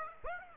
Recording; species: mosquito wingbeat signal from an infrared sensor; Aedes aegypti